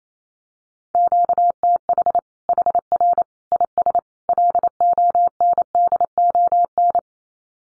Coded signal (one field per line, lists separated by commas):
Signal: Morse code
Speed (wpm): 28 wpm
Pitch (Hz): 700 Hz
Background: none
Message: QTH HR IS LONDON